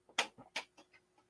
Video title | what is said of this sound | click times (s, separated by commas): Weekend Deals on #AmazonLIVE with host Cyrus Webb | and you're able to unsnap the inside | 0.2 s, 0.6 s